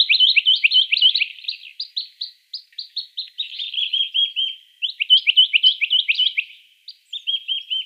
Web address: Schulze Peter Rock Nuthatch song